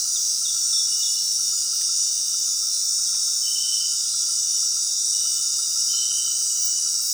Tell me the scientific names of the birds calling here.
none